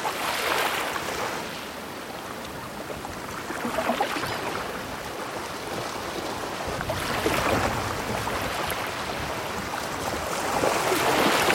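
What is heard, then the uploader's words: Powerful waves roll in continuously, with bright crashing surges near the start, around four seconds, seven to eight seconds and the end. Powerful Waves at Night on Museddu Beach - Ocean Sounds.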